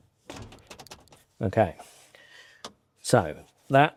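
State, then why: Seated. After the top bracket of a carbon fibre rear cross brace is adjusted on a Mk7 Fiesta ST, the rear seat back is pushed home into its body-side latch with a solid clunk at 0.3 s and a sharp click at 0.9 s, followed by a few lighter knocks. Someone talks, and the seat back now latches.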